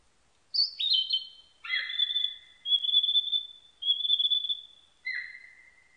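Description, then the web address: Narcissus flycatcher singing a run of about five clear whistled phrases, high notes stepping down then level, repeated roughly every second, with no other sounds. Recorded 21 May 1999. "1999 990521 kibitaki"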